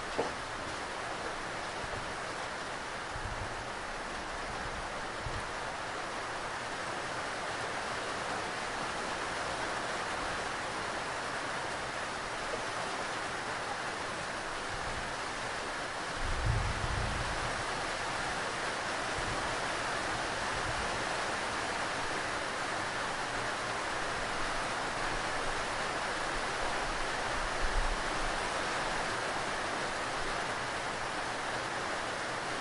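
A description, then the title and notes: Hard rain pounds a roof in a dense, unbroken hiss that holds steady for the whole stretch. Soft low thumps break through now and then, most clearly around the middle and again near the end. Hard Rain: A Soothing Sound from Hitting A Roof. Hard rain sounds.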